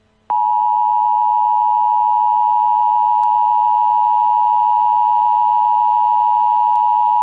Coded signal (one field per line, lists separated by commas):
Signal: Emergency Alert System (SAME) tones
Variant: 853 and 960 Hz attention tone